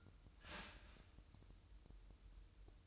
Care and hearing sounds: daily activity, microphone in the room; start toaster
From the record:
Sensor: 2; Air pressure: 988.4 hPa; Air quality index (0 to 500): 190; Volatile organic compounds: 179 ppm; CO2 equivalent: 4139 ppm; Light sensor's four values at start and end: 20/68/27/25 and 20/68/27/25

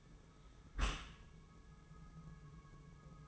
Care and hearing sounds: daily activity, microphone in the room; close dishwasher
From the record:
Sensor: 1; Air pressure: 1014.9 hPa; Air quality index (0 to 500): 25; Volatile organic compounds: 0 ppm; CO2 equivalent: 504 ppm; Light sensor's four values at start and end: 13/30/12/13 and 13/30/12/13

